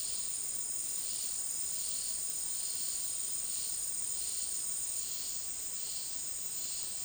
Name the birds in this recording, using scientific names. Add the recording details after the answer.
none. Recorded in dense forest near Puerto Asís, Putumayo, Colombia, on 19 February 2024 at 16:30. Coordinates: 0.499, -76.324. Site G6469